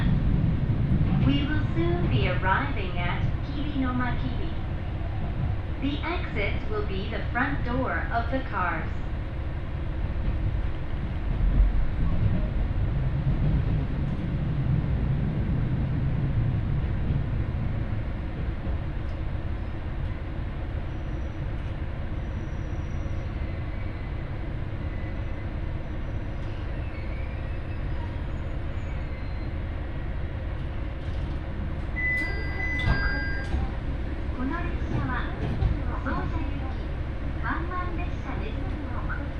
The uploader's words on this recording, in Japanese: 耳で楽しむ鉄道旅 井原鉄道 早雲の里荏原→総社。